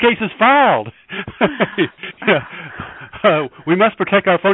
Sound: laughter